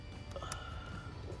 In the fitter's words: so once you get this green clip out you'll hear two little snaps you want to make sure you get both of them off so that it comes off cleanly and it'll stick out a little bit like this